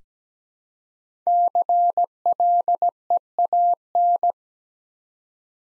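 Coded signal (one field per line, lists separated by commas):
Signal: Morse code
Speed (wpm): 17 wpm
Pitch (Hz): 700 Hz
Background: none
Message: CLEAN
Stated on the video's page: Morse practice drill of 5-letter words at 17 wpm, each word sent twice around a spoken version, for head-copy.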